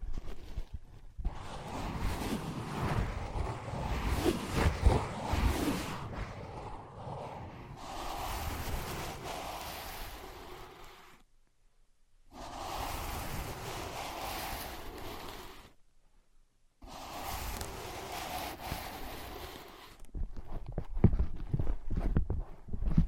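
Tapping and scratching on ear pads, dense rustling strokes broken by two brief silences around eleven and sixteen seconds, with busier tapping at the start and end.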